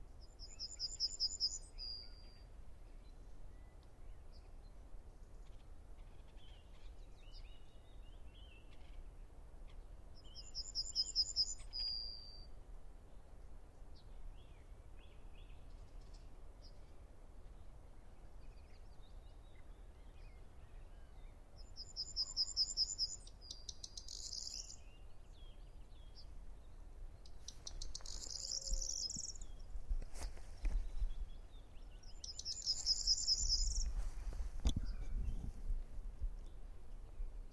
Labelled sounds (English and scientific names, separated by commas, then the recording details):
Yellowhammer (Emberiza citrinella)
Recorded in the wild
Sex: male
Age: adult
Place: Hobrechtsfelder Rieselfelder, Naturpark Barnim, Berlin, DE
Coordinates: 52.6686, 13.4719
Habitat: open country
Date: 2012-04-25 19:51
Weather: 10°C, sunny, weak winds
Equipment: Sound Devices 702, Sennheiser MKH 415 T, Rhode Windschutz
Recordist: Frommolt, Karl-Heinz